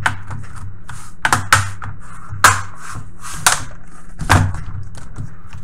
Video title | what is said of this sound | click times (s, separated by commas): Comment remplacer le ventilateur d'un HP G60 [ARCHIVES - RE-UP] | C'est normal que ça clip pas, ça ait pas l'air parfait tout le côté. | 1.3 s, 1.5 s, 2.4 s, 3.5 s